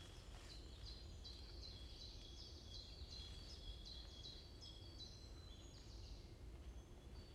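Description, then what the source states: Bird chirping busily: rapid, bright descending chips in dense runs, with a low steady drone underneath throughout. Morning birds chirping in a forest at Bosvoorde, Watermaal-Bosvoorde, Brussels, Belgium; described as peaceful; recorded with an AMBE VR microphone.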